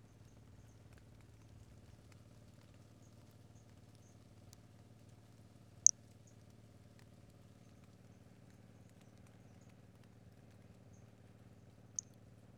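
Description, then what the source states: Brachycephalus albolineatus toadlet calling: two brief, very high-pitched chirps about six seconds apart, over a quiet, steady low hum. Individual 06, unvouchered; example 01.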